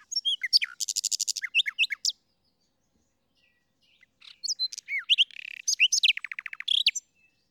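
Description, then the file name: Common nightingale song: a rich mix of whistles, rapid buzzy trills and sharp repeated notes in two bursts separated by a silent pause of about two seconds. "Luscinia megarhynchos"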